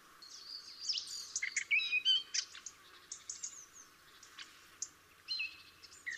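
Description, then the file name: Eurasian blackcap song: a busy run of high chirps, short whistles and warbled notes, with brief pauses. Quieter chirping fills the gaps. "Sylvia atricapilla"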